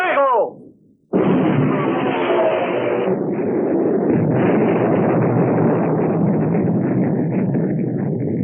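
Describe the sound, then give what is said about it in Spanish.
Naval artillery gunfire and explosions as a warship's guns open fire simultaneously in a sea battle: a brief falling whine, then an abrupt, loud blast that swells into a sustained, rumbling roar of heavy booms lasting several seconds. “¡Abran fuego simultáneo!”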